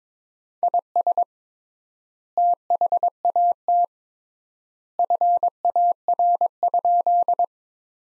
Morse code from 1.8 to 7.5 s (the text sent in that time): THAT FAR?